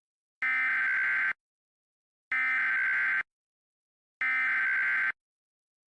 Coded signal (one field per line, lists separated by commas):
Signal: Emergency Alert System (SAME) tones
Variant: header bursts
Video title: Arrowverse EAS 4: Death of Earth-90